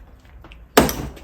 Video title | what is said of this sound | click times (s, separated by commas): BMW E24 635CSi Euro Spec - Project Makover - Breaking Down the Rear Suspension into a Hundred Pieces | and you'll hear it pop | 0.8 s